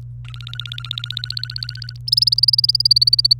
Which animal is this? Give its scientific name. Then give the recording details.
Serinus canaria. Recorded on 28 April 2018 at 06:00. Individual llb3